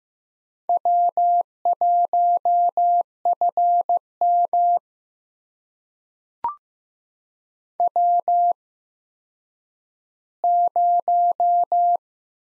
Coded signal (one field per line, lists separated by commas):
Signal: Morse code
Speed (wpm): 15 wpm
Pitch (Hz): 700 Hz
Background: none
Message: W1FM W0